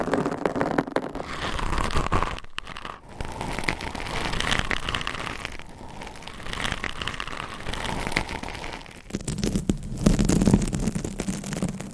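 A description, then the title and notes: Scratching on a microphone with claws, a dense, steady run of rough scraping and crunching strokes. Short gaps break it near 2.5, 3 and 9 seconds, and a lower, fuller rubbing swells toward the end. Mic Scratching - Brain Scratching with 20 DIFFERENT MICS & CLAWS.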